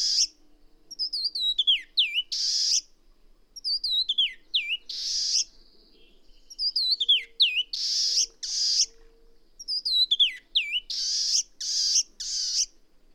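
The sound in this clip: Bird giving quick, steeply downslurred whistles followed by loud harsh rasping bursts, the pattern repeated several times.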